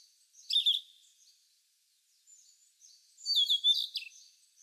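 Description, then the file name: Blue-and-white flycatcher giving two short, high, twittering phrases separated by a pause, each with quick slurred notes. "cyanoptila cyanomelana twitter"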